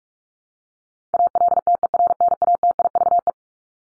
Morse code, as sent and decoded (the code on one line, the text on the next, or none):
.- .-.. - . .-. -. .- - .. ...- .
ALTERNATIVE